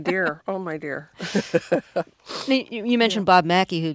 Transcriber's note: laughter